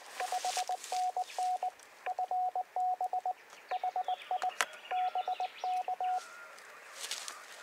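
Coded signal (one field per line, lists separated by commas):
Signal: Morse code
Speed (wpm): 20 wpm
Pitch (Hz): 740 Hz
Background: none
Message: 5NN FB HI BK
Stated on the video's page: CW during a SOTA summit activation on HF alongside VHF and UHF contacts, including summit-to-summit contacts.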